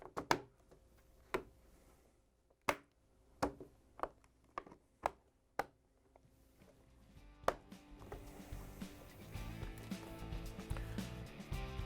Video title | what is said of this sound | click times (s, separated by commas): How To: Samsung Center Cap DA67-01701A | you have the heater snapped in place you can close the refrigerator door plug | 0.3 s, 2.7 s, 5.1 s, 7.5 s